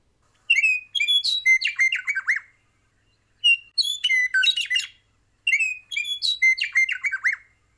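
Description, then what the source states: Western meadowlark singing three bright, flute-like phrases, each a quick tumble of clear whistles and gurgling notes dropping in pitch. Song played again; songbird with a bright yellow belly and a dark black V on its chest.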